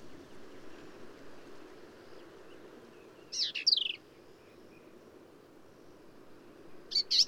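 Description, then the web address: Black-capped vireo song phrases: one short, harsh, high phrase of jumbled notes, then after a long pause a second fragment near the end, over steady background noise. "birdsongforthecurious Black-capped Vireo"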